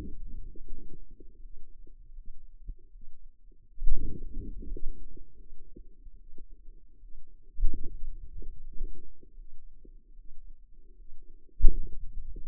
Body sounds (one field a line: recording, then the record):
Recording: forearm muscle sounds (acoustic myography)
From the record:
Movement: hand opening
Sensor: system 2, bracelet of six BSWA MPA416 microphones around the upper forearm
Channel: 3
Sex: female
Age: 23 years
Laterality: right